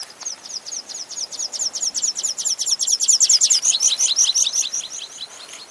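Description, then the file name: Water pipit sings a fast run of thin, high notes, growing louder, then shifting to a lower phrase before fading. "Spioncello"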